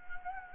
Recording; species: mosquito wingbeat signal from an infrared sensor; Anopheles gambiae